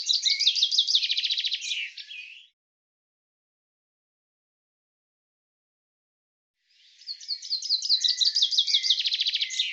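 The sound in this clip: Bird song in two long trilled phrases of fast repeated descending notes, each ending in a dense rattle, separated by about four seconds of silence.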